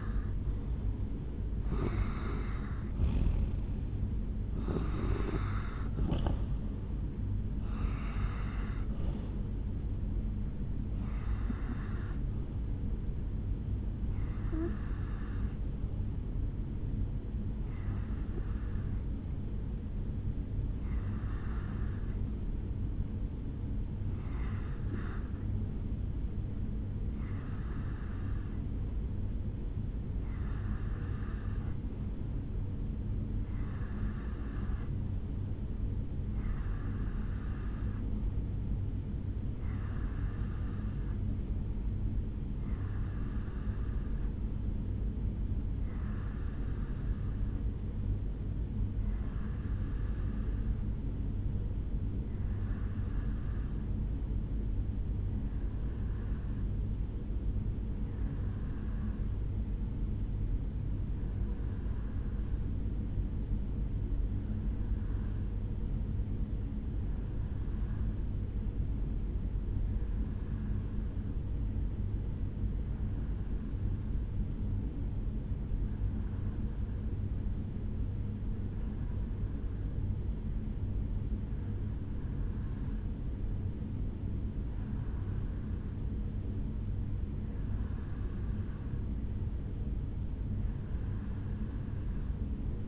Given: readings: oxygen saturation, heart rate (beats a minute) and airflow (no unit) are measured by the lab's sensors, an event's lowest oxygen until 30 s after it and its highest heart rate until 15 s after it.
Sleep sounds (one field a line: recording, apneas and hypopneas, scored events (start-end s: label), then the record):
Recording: breathing in sleep by a smartphone at the bedside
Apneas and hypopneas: 1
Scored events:
31.00-85.50 s: hypopnea (REM, oxygen 95% highest, then 88% lowest, heart rate 66 at the start, 72 highest)
From the record:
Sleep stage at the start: REM sleep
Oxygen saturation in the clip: 89 to 95%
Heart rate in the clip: 65 to 76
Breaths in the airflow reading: 30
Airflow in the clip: -7.7 to 4.8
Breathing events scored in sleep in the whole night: 449 in 7.0 hours asleep